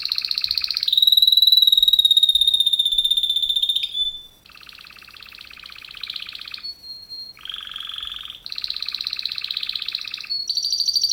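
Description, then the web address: Canary singing a brief roll, a long whistled note, then a series of rapid buzzy rolls that shift pitch between phrases, ending on a brief higher trill. Male canary. "kenar businka canto kenar"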